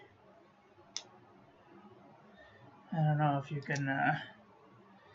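A likely plastic fountain pen cap is pushed back onto the body of a Wingsung 3003 fountain pen, needing a little more force to push on, and it clicks into place at 1.0 s with a short, sharp click. Someone then talks. The cap is seated.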